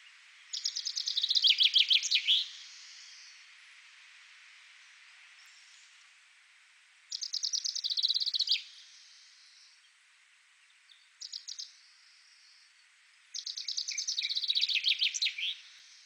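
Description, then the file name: Common chaffinch singing three rattling songs, each a quick run of bright notes falling in pitch toward a flourished end. A short chirp pair sits between the second and third. "Fringilla coelebs"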